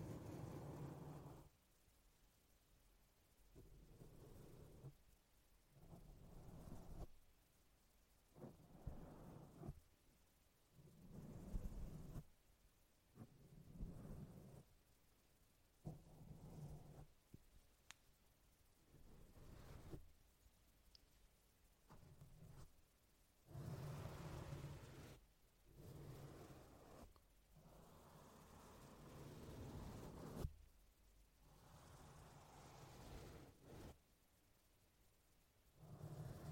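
Brushing against a microphone, with and without a windscreen, in a run of rough, rumbling sweeps. Each stroke lasts one to three seconds with short gaps between, heavy in the low end with a hissy top, and louder, denser passes around 24 to 30 seconds.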